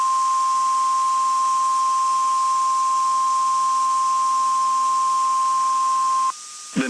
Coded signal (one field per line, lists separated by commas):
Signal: Emergency Alert System (SAME) tones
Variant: 1050 Hz attention tone